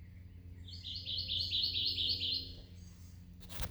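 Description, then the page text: Kentucky warbler song, a fast chant of roughly nine rolling two-part notes lasting under two seconds, followed by a sharp click near the end; faint low hum throughout. Recorded in Maryland. "Kentucky Warbler by Jim Stasz"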